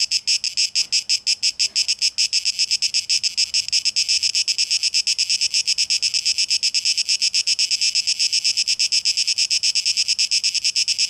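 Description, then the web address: Cicadas singing a shrill, pulsing buzz, sustained throughout. Cicadas, 12 August 2023, tape echo mix. "rauschpartikel 2023-08-12 Zikaden"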